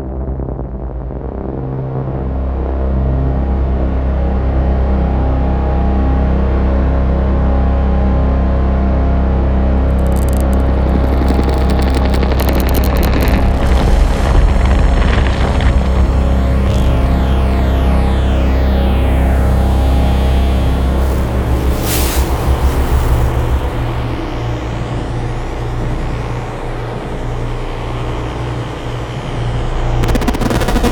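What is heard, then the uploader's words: A dark cinematic rumble holds a steady low drone throughout, with crackling, metallic clatter and bright flickering bursts building after ten seconds. Cinematic Dark Sound Effects. This sound library was created from hardware synthesizers and field recordings, then processed and twisted.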